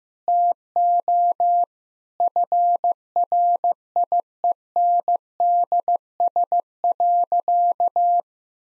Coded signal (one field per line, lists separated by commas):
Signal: Morse code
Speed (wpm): 15 wpm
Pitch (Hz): 700 Hz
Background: none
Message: TO FRIENDS.